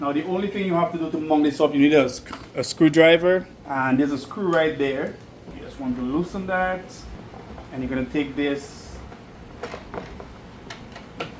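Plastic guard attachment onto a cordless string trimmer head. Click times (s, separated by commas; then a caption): 11.2 s. Someone talks while a screw is loosened with a screwdriver on a Worx 3-in-1 cordless trimmer, edger and lawn mower, then a few short handling knocks follow as the plastic guard attachment is fitted onto the trimmer head. The guard clicks and locks into place at 11.2 s.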